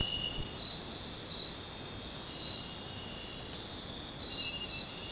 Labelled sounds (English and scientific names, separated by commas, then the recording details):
none
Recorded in dense forest near Puerto Asís, Putumayo, Colombia, on 22 December 2024 at 00:30
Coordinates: 0.466, -76.327
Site G075